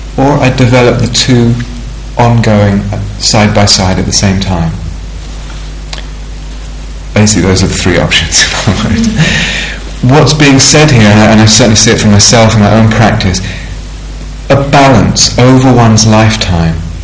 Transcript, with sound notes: or 'I developed the two ongoing -- side by side at the same time.'" Basically, those are the three options, in other words. [laughter] What's being said here -- and I certainly see it for myself in my own practice -- a balance over one's lifetime.